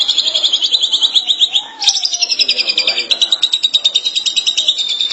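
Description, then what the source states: Long-tailed shrike song: a quick high trill, then a sharp note, then more rapid buzzy pulses that change pitch slightly. March 2017.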